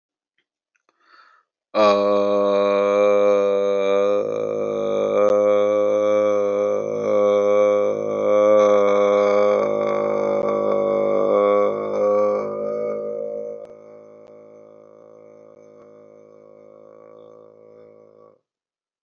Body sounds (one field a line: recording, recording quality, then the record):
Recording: sustained vowel as in made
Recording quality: excellent, no background noise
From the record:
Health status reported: exposed to COVID-19, no respiratory illness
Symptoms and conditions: sore throat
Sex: male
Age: 42 years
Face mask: not worn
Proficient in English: yes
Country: India